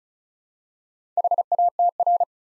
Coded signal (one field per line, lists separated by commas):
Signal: Morse code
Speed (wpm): 36 wpm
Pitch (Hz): 700 Hz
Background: none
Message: HATR